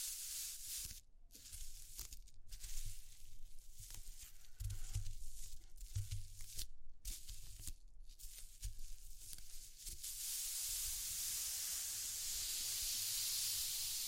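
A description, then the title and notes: ASMR texture sounds: bright, crackly scratching and rustling that comes in bursts, broken by brief silences around one, two and seven to eight seconds, with a few soft low bumps near five to six seconds. From ten seconds on it settles into a steady, even hiss. ASMR Exploring Textures (No Talking).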